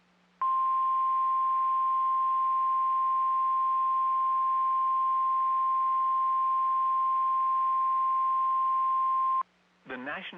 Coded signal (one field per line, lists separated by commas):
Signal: Emergency Alert System (SAME) tones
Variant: 1050 Hz attention tone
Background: speech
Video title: NOAA Weather Radio - Severe Thunderstorm Warning [EAS #243] (7/18/22)